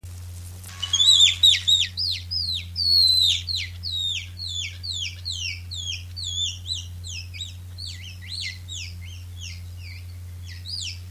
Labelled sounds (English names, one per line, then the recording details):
Tufted Capuchin aggressive call
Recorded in captivity
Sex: group
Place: Zoo Münster, Nordrhein-Westfalen, DE
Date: 1988-10-04 12:53
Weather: overcast, 14°C
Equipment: Sony WM-D6C, Kopie Uher
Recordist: Tembrock, Günter